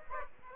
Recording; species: mosquito wingbeat signal from an infrared sensor; Aedes aegypti